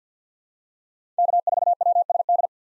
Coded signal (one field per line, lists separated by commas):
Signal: Morse code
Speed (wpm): 50 wpm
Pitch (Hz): 700 Hz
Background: none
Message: K4WSD